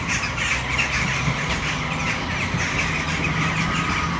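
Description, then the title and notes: Western jackdaws squawking together in a busy, unbroken babble, a low droning vehicle hum running under the whole stretch. Flock in a tree full of jackdaws, Malinovského náměstí, Brno city center, Czech Republic, at sunset. "Malinovského nám. 571/1, 602 00 Brno-střed-Brno-město, Česko - Western jackdaws at sunset. A tree full of jackdaws in the city center of Brno"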